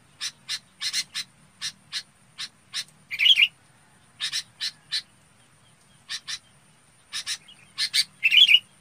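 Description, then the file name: Red-whiskered bulbul calls, a run of sharp high chirps broken by two fuller warbled phrases, over quiet background. Calling the flock. "Tieng chao mao bong goi bay"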